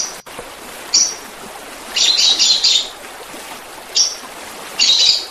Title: Kicau Kacer